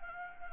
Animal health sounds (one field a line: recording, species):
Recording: mosquito wingbeat signal from an infrared sensor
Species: Anopheles gambiae